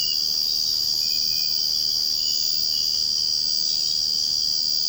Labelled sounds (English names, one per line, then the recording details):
none
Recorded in secondary vegetation near Puerto Asís, Putumayo, Colombia, on 21 March 2025 at 04:30
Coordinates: 0.502, -76.326
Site G100